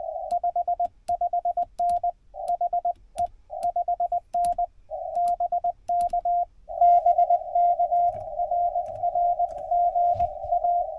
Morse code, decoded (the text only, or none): 55N HE 5N BK BK RRG A